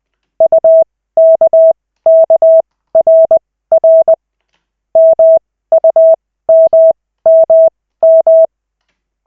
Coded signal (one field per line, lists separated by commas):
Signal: Morse code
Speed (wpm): 20 wpm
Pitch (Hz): 650 Hz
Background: none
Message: UKKRR MUMMM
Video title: Koch 3/40, 14.12.2024, 2nd CW practice session